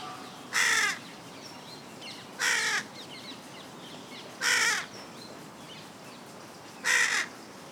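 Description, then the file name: Carrion crow repeating four raucous caws roughly every two seconds. "Corvus corone"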